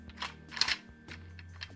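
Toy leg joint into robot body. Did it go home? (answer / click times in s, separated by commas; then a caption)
yes / 0.6 s. Plastic legs of a vintage G1 Omega Supreme transforming robot toy are moved down until the leg joints pop into their detents in the robot body. After a few light plastic clicks and rattles, one loud, sharp snap comes at 0.6 s as the legs seat, rather than gently. Quieter handling clicks follow.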